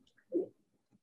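A single short, abrupt gulping sound, low-pitched and lasting about a fifth of a second, comes in otherwise near-quiet room sound. It is an involuntary hiccup from an adult man, a sudden catch in the breath like a cough type, his whole body gulping after tequila and alcohol.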